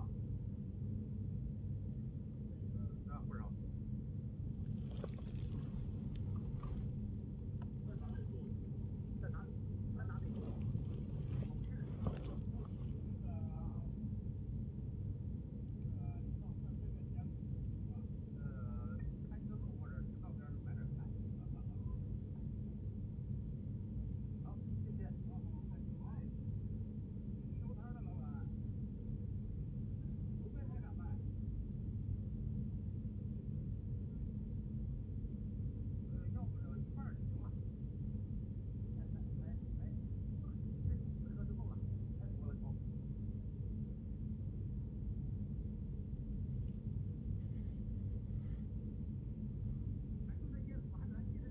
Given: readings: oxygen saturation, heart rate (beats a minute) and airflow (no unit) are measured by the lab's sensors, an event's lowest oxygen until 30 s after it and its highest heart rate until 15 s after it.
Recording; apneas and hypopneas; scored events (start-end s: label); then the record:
a person awake in a sleep study, by a smartphone at the bedside; none
0.00-51.51 s: awake
From the record:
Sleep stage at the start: awake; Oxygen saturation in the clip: 95 to 96%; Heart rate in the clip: 67 to 75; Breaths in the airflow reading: 11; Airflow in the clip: -5.7 to 7.0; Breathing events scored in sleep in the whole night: 131 in 7.2 hours asleep